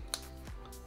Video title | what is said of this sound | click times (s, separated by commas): AirTag Unboxing and Setup | just snaps into place | 0.1 s